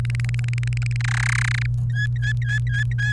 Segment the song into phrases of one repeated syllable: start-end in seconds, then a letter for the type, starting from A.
0.05-0.96 A, 1.00-1.66 B, 1.90-3.12 C